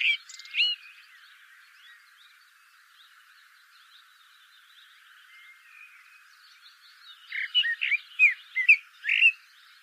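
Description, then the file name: Common blackbird song: a short run of fluted, warbling notes opens, a quiet stretch of faint background twitter follows, then a second mellow phrase with squeaky high notes. "Turdus merula"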